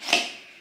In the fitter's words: how cool is that it just pops right in there